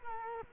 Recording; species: mosquito wingbeat signal from an infrared sensor; Culex quinquefasciatus